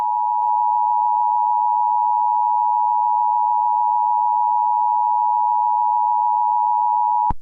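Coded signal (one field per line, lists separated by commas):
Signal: Emergency Alert System (SAME) tones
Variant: 853 and 960 Hz attention tone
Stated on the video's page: A fictional EAS scenario.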